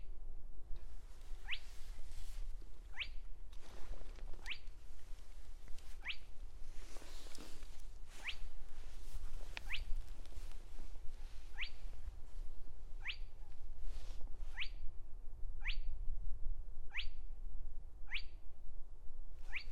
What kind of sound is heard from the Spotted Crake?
song